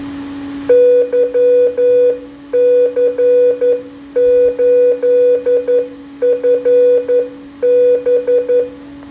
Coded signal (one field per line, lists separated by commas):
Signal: Morse code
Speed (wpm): 10 wpm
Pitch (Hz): 490 Hz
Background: none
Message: YC8FB